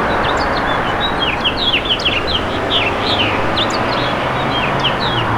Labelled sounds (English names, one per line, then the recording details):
House Finch song
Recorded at Merrick on Long Island, New York, on 17 May 2013
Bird G